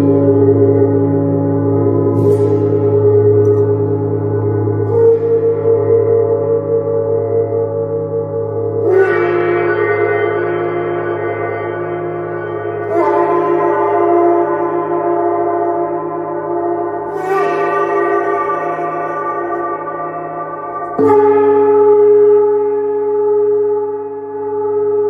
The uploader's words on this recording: 30-Day Neptune Gong Challenge.